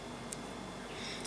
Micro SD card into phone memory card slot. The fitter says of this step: push it all the way in until you hear a click